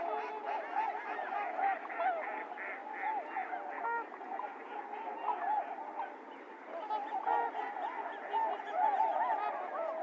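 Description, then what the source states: Trumpeter swans producing a continuous wash of horn-like honks, many birds calling at once without a break. Several swans recorded 28 January 2022; low-cut filtered.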